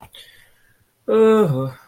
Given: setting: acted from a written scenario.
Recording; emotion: vocal sound without words; neutral